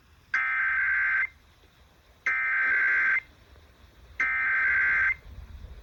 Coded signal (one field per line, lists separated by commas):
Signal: Emergency Alert System (SAME) tones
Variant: header bursts